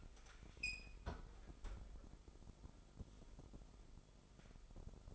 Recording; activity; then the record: daily activity, microphone in the room; close fridge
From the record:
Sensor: 5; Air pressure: 988.5 hPa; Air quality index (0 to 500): 219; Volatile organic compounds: 124 ppm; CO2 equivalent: 3894 ppm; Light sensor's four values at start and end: 42/125/49/53 and 41/127/49/53